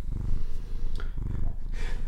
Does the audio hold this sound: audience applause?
no